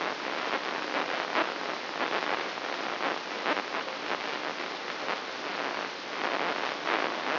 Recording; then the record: brain microelectrode recording played as sound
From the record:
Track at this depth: outside the subthalamic nucleus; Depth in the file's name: 7.46 mm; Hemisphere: left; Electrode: 3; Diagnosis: Parkinson's disease